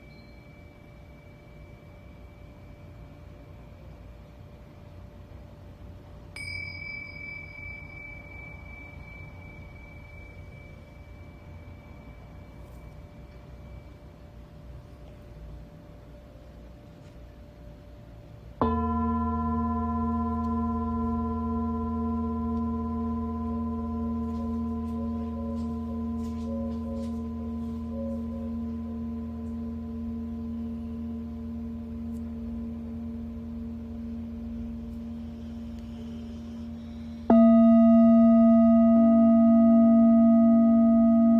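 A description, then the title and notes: A Tibetan singing bowl rings out in long, ringing tones. It opens with a quiet, high hum and a faint tap around six seconds, then is struck firmly at about nineteen seconds, ringing low and full as it slowly fades, before a louder strike near thirty-seven seconds. Tibetan Singing Bowl.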